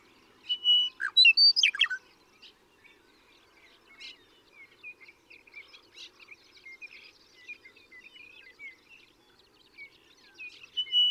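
Western meadowlark sings one loud flutey, gurgling phrase early on, then softer chirps and short whistles from other birds continue in the background.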